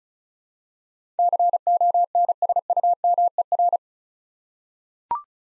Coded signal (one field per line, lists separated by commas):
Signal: Morse code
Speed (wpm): 36 wpm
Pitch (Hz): 700 Hz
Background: none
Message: CONSUMER